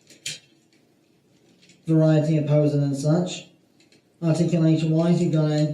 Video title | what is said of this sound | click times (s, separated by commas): Transformers Armada Smokescreen and Liftor Toy Review | in addition to this being TR on can also ratchet up and down one two clicks third | 0.3 s